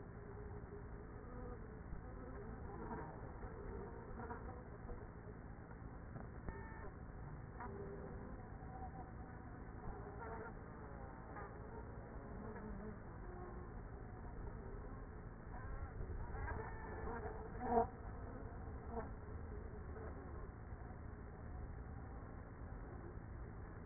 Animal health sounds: honeybee colony, microphone inside the hive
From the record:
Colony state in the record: queenless with a low population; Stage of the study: after two queens were removed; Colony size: about 30,000 bees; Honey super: no

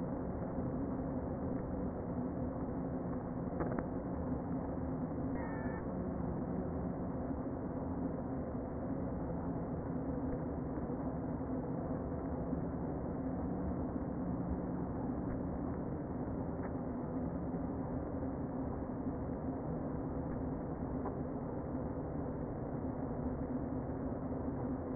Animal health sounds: honeybee colony, microphone inside the hive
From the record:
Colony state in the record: queen present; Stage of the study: before two queens were removed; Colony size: about 60,000 bees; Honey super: yes

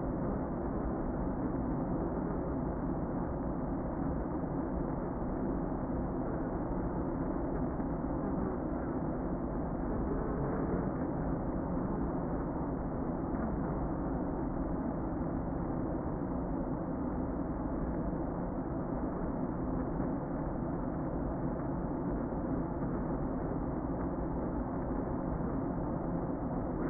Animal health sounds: honeybee colony, microphone inside the hive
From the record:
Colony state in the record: queen present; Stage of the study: before two queens were removed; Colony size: about 60,000 bees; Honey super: yes

